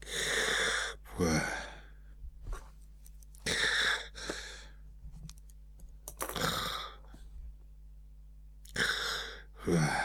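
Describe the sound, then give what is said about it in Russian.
A voice imitates a man snoring as he sleeps on a couch in a drawing room, his head on a silk cushion, making four or five loud, raspy, drawn-out snorts at slow, fairly regular intervals with quiet breathy pauses between them. “Храпел он.”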